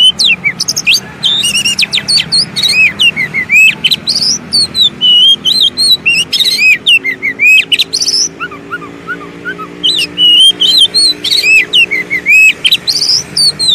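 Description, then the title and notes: Oriental magpie-robin song, a rapid medley of bright whistles, sharp chips and looping slurred notes, nearly continuous with brief gaps, low hum underneath. Long-duration song intended for training birds, played day and night. "Kacer Jadi Gacor Siang Malam. Isian Kacer Durasi Panjang"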